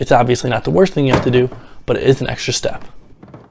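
Someone talks while a Flex compact plastic organizer is handled for stacking onto a full-size modular toolbox, whose metal connector has to be raised first. Two faint knocks come at 3.2 and 3.3 s near the end. Nothing has seated or clicked yet; the organizer's spring-loaded side connectors have not engaged.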